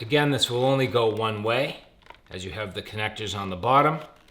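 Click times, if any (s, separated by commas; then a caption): none. Someone talks while handling a brush attachment for an Uwant V500 cordless vacuum, which has its connectors on the bottom so it fits onto the wand only one way. No click is heard, and the attachment has not yet seated or clicked onto the wand.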